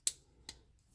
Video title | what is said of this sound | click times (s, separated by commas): 3D Printed Compact Vibrating Roller RC Build Video | You put it on top, and then it should all click in place. | 0.1 s